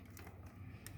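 A mop water tank module is handled against the underside slot of a Kurumi KV 08 robot vacuum. Soft handling noise with a steady low hum is heard, along with two short, sharp ticks near 0.9 s and 1.0 s. The clip ends before the tank goes home, so nothing has seated or clicked yet.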